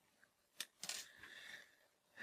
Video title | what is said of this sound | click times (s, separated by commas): ST Lower tube kit install | It will snap on like that. | 0.6 s